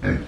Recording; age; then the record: pig call; growing-finishing pig (85 days or more)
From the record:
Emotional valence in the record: negative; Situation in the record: barren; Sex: female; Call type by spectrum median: low-frequency call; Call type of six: low-frequency stable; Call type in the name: low-frequency stable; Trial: 1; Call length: 0.28 s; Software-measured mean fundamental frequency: 51 Hz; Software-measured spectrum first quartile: 166 Hz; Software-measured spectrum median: 353 Hz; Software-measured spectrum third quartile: 1156 Hz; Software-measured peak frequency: 90 Hz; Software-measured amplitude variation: 139 dB a second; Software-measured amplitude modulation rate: 19.4 a second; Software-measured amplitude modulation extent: 7.2 dB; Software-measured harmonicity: -3.6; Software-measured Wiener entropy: -1.94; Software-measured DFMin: 992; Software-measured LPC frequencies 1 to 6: 322, 1640, 2245, 3609, 4512, 5610 Hz